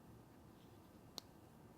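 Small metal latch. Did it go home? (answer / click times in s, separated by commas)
released / 1.2 s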